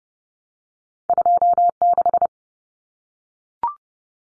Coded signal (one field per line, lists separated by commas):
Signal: Morse code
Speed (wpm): 32 wpm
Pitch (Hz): 700 Hz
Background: none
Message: 26